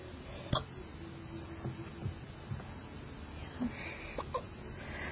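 Several short, abrupt gulping clicks come at irregular intervals over about six seconds, with a quiet room in the background and a brief voiced sound at the end. These are hiccups in an adult, sudden involuntary spasms of the diaphragm snapping the vocal cords shut.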